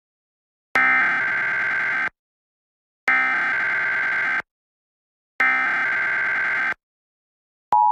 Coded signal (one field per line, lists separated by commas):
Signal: Emergency Alert System (SAME) tones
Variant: header bursts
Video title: EAS 5 Minutes Alert Test